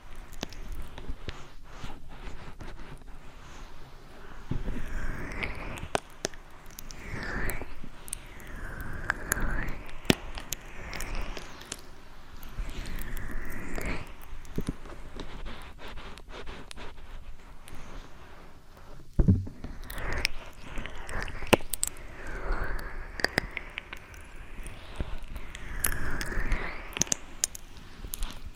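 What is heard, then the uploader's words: Ear massage sounds: hands rub and sweep over the microphone in slow, repeated strokes that rise and fall every second or two. Soft crackles and small taps run through the whole half-minute, with a few sharper clicks, including one near the 19-second mark. ASMR Ear Massage.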